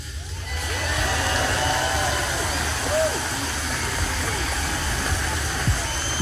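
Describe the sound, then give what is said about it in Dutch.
A large crowd applauds in a dense, steady roar of clapping that holds at an even loudness for about six seconds, with faint voices underneath, following the Dutch king's apology made as part of the government. “Ja, meteen ook dat enorme applaus dat u van achter u hoorde komen.”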